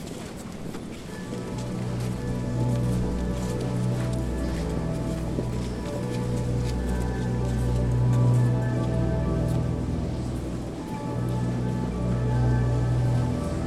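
Organ notes in Notre Dame in Paris hold long, steady low tones that swell midway, over a soft continuous murmur with faint scattered ticks.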